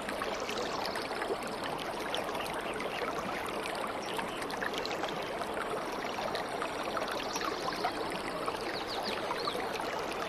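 A river runs steadily and close by, its dense rushing and bubbling holding an even level from start to finish. Small, bright bird chirps flicker faintly above the water now and then, easily lost in the flow.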